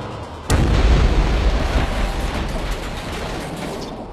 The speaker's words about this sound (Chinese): 强烈的爆炸，整个酒吧被彻底摧毁。